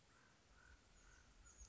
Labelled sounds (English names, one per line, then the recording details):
Chestnut-backed Chickadee
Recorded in Sonoma County, California